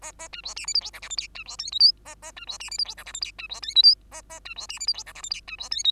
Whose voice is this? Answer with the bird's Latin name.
Lonchura striata domestica